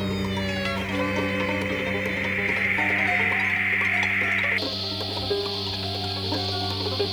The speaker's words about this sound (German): Dann mache ich mal jetzt die Töne, um die es geht, pulsierend. Hört es sich so ähnlich an wie das Rauschen? Ja, höher. Oder noch höher?